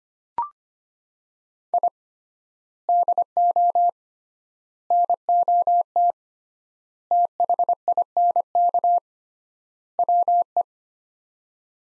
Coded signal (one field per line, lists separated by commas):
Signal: Morse code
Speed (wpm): 25 wpm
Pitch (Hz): 700 Hz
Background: none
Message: I DO NOT THINK WE